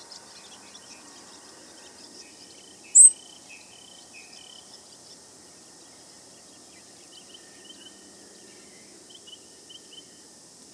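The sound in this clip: Grasshopper sparrow song: one short, very high, insect-like buzz, with faint high chips from other birds over a low background hiss.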